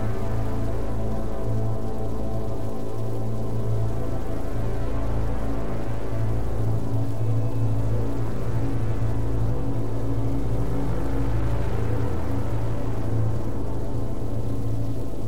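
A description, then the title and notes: A prominent low drone holds steady throughout, with layered synth tones above and a soft hiss like rain, slowly swelling around six and twelve seconds. Haunting and relaxing ambient track with RAIN sounds. The piece features a prominent drone and a ethereal synth melody, accompanied by the sound of rain to create a moody and introspective soundscape.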